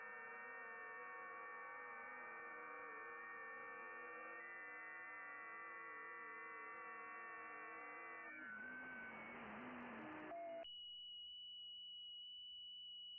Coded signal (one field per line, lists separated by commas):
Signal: FT8